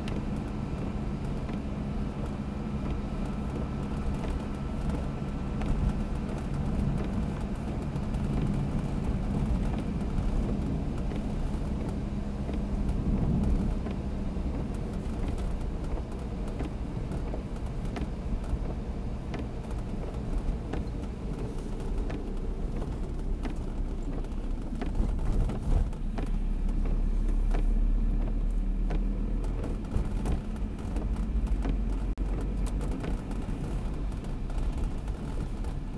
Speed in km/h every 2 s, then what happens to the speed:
69, 67, 66, 69, 71, 70, 70, 70, 67, 61, 50, 38, 30, 27, 31, 32, 34, 35.
0-15 steady at about 69. 15-25 brakes to 27.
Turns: none.